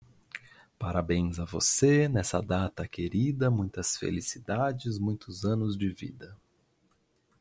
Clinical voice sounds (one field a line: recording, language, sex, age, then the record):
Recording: short text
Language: Brazilian Portuguese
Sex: male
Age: 30 to 39 years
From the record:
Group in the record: control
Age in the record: 35 years